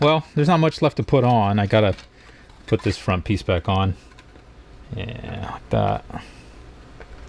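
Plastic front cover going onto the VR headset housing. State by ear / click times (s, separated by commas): not seated / none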